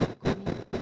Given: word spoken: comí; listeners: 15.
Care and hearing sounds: one Spanish word in noise, from a listening test; noise modulated by one talker; -12.9 dB; 1 of 15; 8 of 15; 0.42 s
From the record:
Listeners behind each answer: 8, 3, 2, 1, 1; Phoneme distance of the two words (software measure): 14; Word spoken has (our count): 2 syllables, 4 phonemes, stress on syllable 2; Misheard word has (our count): 3 syllables, 6 phonemes, stress on syllable 2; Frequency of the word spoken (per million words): 1.48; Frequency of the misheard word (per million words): 65.39

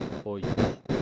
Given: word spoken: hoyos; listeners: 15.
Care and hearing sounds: one Spanish word in noise, from a listening test; noise modulated by one talker; -9.2 dB; 3 of 15; 9 of 15; 0.62 s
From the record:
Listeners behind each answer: 9, 3, 2, 1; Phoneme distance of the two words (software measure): 7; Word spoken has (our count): 2 syllables, 4 phonemes, stress on syllable 1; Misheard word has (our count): 2 syllables, 5 phonemes, stress on syllable 1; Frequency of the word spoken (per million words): 6.03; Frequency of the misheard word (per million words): 4.01

